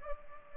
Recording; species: mosquito wingbeat signal from an infrared sensor; Culex pipiens